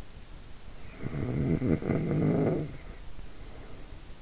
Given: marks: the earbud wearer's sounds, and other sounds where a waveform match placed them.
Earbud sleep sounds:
sounds in sleep by an in-ear microphone; snoring breath
0.88-4.14 s: snoring breath

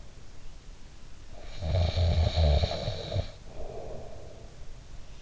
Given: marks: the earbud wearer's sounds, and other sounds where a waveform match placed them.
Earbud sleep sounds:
sounds in sleep by an in-ear microphone; snoring breath
1.33-4.52 s: snoring breath

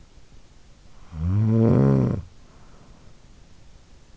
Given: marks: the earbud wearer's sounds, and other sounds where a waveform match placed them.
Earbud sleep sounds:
sounds in sleep by an in-ear microphone; snoring breath
0.71-3.52 s: snoring breath

